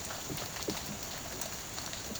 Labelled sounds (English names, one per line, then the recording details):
none
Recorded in pastures near Puerto Asís, Putumayo, Colombia, on 30 June 2025 at 15:30
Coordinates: 0.472, -76.331
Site G095